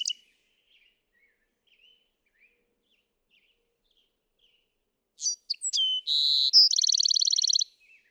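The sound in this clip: Bewick's wren song: faint quiet chips for several seconds, then a bright phrase of sharp notes, a buzzy note and a fast trill near the end.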